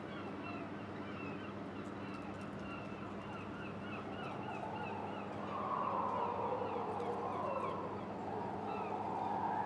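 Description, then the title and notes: Gull cries rising out of the wind in the second half, several wailing notes in succession, with soft ticking of metal throughout. Gulls at a harbour quay in Boulogne-sur-Mer, France, with wind, a metal structure and the rattling of pleasure boats. "Quai Thurot, Boulogne-sur-Mer, France - Mouettes"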